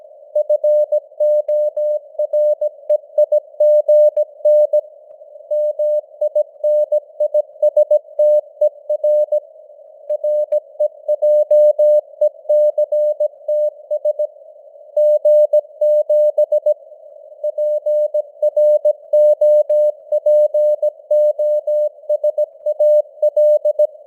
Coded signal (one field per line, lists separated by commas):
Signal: Morse code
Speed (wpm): 17 wpm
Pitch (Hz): 600 Hz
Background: none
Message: FOREIGN MINISTER REJECTS G7 PROPOSAL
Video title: Morse Code News | 2025-11-14 | 17wpm